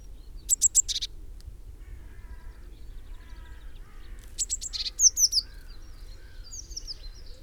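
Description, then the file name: Eurasian blue tit calling with quick high ticking bursts and descending slurred notes over a background rumble. "Cyanistes caeruleus"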